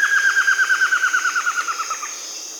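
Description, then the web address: Buff-throated woodcreeper song: a fast run of many clear, slurred notes, each a little lower, fading away over two seconds, with a steady high hum above. Amazon region of Peru. "Natures Songs S America Birds of the Amazon 2. Buff-throated Woodcreeper (Xiphorhynchus guttatus), Peru"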